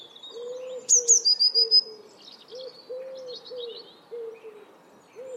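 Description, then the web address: Eurasian blue tit song: two very high thin notes, then a quick run of buzzy pulses, over soft repeated dove coos throughout. "cianscape. Deverinetal"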